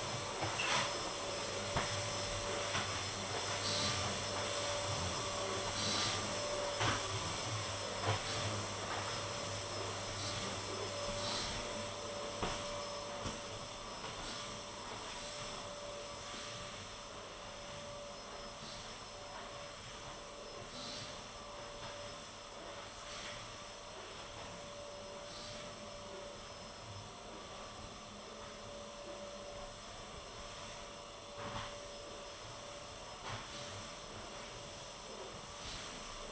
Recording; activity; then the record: daily activity, microphone in the room; vacuum cleaning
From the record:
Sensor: 4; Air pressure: 1012.7 hPa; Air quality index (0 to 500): 249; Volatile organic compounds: 5 ppm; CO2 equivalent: 1706 ppm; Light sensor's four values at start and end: 12/28/11/11 and 13/30/12/11